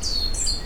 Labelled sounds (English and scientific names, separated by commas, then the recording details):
Stitchbird (Notiomystis cincta) song
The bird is a male
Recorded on Tiritiri Matangi Island, New Zealand, in 2005
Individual 20, of nest box 28